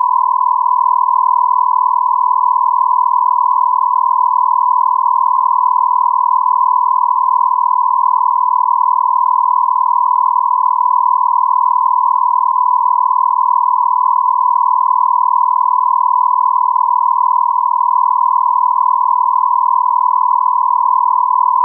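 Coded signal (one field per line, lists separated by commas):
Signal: radio time signal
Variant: Beta, RJH77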